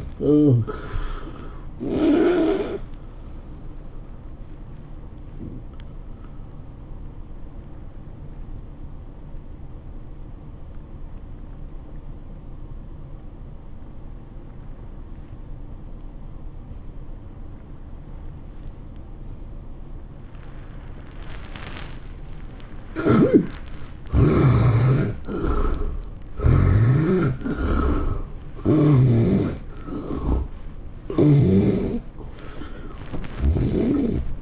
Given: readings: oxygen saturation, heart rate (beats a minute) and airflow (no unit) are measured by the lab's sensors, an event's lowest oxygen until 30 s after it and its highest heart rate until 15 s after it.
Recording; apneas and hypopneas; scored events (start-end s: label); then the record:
breathing in sleep by a smartphone at the bedside; 1
7.00-24.20 s: obstructive apnea (N1, oxygen 96% highest, then 80% lowest, heart rate 104 at the start, 110 highest)
From the record:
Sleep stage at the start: N1 (lightest sleep); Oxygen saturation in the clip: 73 to 96%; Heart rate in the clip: 93 to 111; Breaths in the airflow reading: 8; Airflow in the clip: -10.5 to 9.9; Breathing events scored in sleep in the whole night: 403 in 5.5 hours asleep